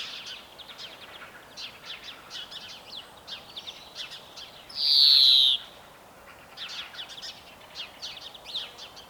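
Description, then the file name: European greenfinch song: busy twittering trills broken by one prolonged nasal buzzing wheeze, then more rapid twitters. "Chloris chloris"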